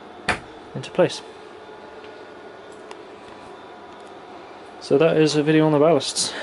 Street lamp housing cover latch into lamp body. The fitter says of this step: down this big waterproof seals and that clicks into place